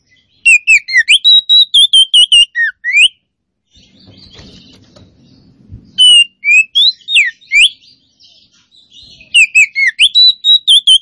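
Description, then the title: Oriental magpie-robin repeating a bright phrase of quick whistled notes in bursts separated by quiet gaps with faint background noise. Song described as gacor, meaning singing actively and continuously. "Kacer Poci Gacor"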